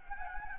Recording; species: mosquito wingbeat signal from an infrared sensor; Anopheles gambiae